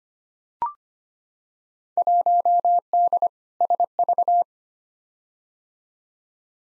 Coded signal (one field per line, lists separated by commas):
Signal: Morse code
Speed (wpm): 25 wpm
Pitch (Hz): 700 Hz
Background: none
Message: 1D SV